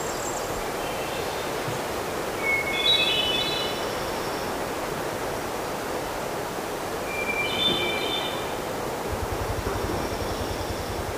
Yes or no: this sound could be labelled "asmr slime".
no